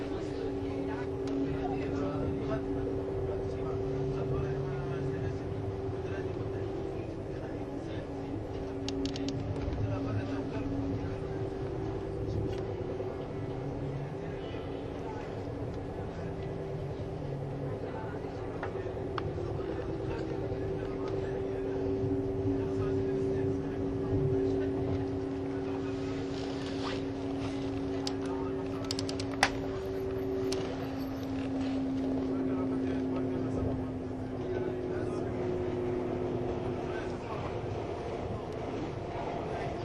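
A Swiss RABDe 500 ICN tilting train runs on the Gotthard line with a steady, dense rumble throughout. Humming motor tones slide up and down in pitch as the train works, faint voices murmur underneath, and a sharp click sounds around 29 seconds.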